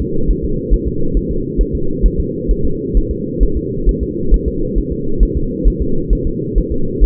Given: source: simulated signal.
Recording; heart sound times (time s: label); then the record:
fetal heart sounds
0.02 s: S2
0.31 s: S1
0.45 s: S2
0.74 s: S1
0.88 s: S2
1.17 s: S1
1.31 s: S2
1.61 s: S1
1.75 s: S2
2.06 s: S1
2.20 s: S2
2.51 s: S1
2.65 s: S2
2.97 s: S1
3.11 s: S2
3.43 s: S1
3.57 s: S2
3.89 s: S1
4.03 s: S2
4.34 s: S1
4.48 s: S2
4.78 s: S1
4.92 s: S2
5.23 s: S1
5.37 s: S2
5.68 s: S1
5.82 s: S2
6.13 s: S1
6.27 s: S2
6.58 s: S1
6.72 s: S2
7.04 s: S1
From the record:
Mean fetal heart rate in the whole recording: 135 bpm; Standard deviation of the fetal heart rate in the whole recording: 3 bpm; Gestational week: 36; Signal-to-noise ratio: -8.1 dB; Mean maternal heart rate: 72 bpm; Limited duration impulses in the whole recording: present